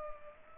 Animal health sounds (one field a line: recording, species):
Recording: mosquito wingbeat signal from an infrared sensor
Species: Culex pipiens